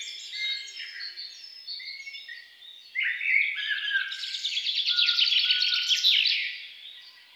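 Songbird singing soft scattered notes that build after three seconds into a steady, energetic flow of quick twittering.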